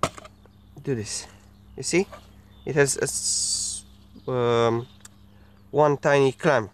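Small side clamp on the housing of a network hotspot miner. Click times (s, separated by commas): 0.0 s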